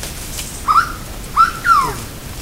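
Bird gives a sequence of three whistles, the first and second brief and level, the third longer and falling in pitch, against soft steady noise.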